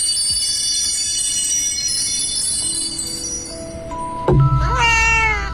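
Soft, steady ambient tones hum along in the cat-themed dream recording of the Yunmeng sleep app, then a low thump near the end is followed by a single drawn-out, high-pitched cat meow that rises and falls. No one speaks.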